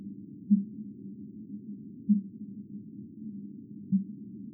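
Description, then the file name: Fin whale calls, sped up, as three brief low pulses spaced roughly one and a half to two seconds apart against constant low droning noise. Common rorqual (fin whale), sped up ten times. "RORQUAL COMMUN extrait 1 accelere 10 fois"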